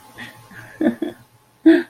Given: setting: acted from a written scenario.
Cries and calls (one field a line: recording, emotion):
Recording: vocal sound without words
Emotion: romantic love